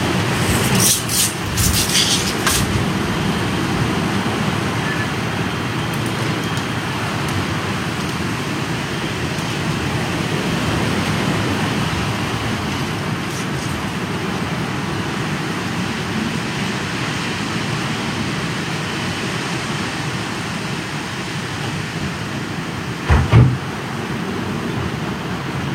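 Strong wind roars and rumbles steadily throughout, with a few sharp knocks near the start and another brief thump around twenty-three seconds.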